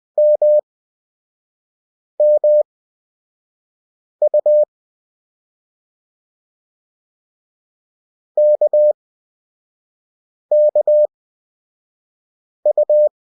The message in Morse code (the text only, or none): MMU KKU